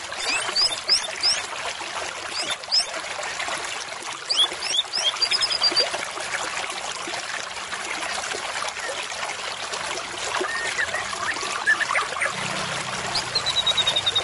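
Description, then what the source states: White-rumped shama song: sharp, high clipped notes in short bursts, then a fast, thin descending trill near the end, over a constant water-like hiss. Murai batu lure call (pikat), described as accurate with a strong voice.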